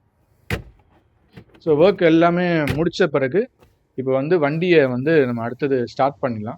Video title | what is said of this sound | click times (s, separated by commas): Hyundai Creta 2016 Diesel Engine Complete Periodic Maintenance Service. In (தமிழில்) | so இது மாதிரி பண்ணி முடிச்சுட்டு இந்த க்ளோ பாக்ஸில் லாக் பண்ணிங்கன்னா ஜஸ்ட் லாக் ஆகிடும், அவ்வளோதான். | 0.5 s